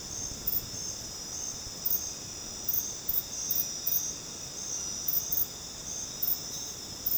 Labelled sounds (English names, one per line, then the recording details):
none
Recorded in dense forest near Puerto Asís, Putumayo, Colombia, on 12 March 2025 at 21:30
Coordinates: 0.486, -76.317
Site G053